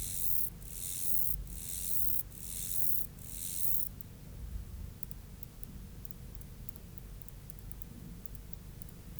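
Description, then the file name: Mottled grasshopper song: several loud buzzy bursts in the first four seconds, then only faint scattered ticking against low background hum. "Myrmeleotettix maculatus"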